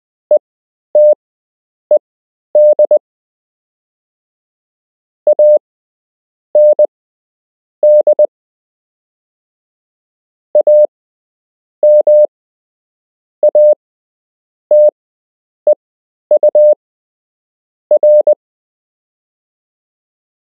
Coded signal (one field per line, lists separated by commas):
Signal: Morse code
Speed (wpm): 20 wpm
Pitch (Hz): 600 Hz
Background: none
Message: ETED AND AMATEUR